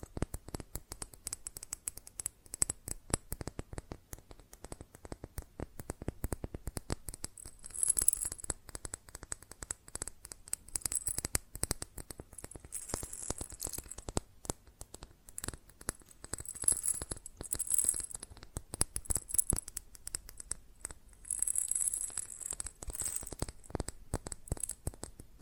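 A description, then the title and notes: Fast tapping on glass and ceramic objects, a dense run of sharp clicks that keeps up for the whole clip with little let-up. Bright, ringing chimes stand out around 8, 17–18 and 21–23 seconds. ASMR Fast Tapping on GlassCeramic Objects (No Talking).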